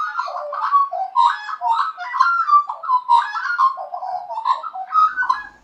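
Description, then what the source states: Australian magpie song: rich, fluting warbled notes tumbling up and down for several seconds. Played as an example; Australian magpies are not corvids and differ from European and American magpies.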